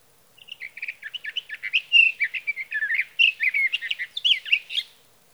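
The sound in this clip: Sage thrasher song of rapid stuttered notes building into a continuous, loud warble of intricate whistled phrases lasting around five seconds.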